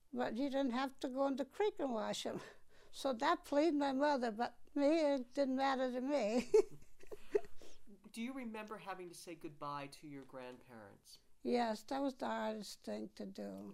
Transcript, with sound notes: but you didn't have to go in the creek and wash them. So that pleased my mother, but me it didn't matter to me. ( she laughs )
Do you remember having to say goodbye to your grandparents?
Yes. That was the hardest thing to do.